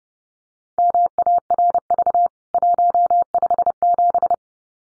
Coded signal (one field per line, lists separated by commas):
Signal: Morse code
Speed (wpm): 30 wpm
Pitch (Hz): 700 Hz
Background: none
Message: MARV 157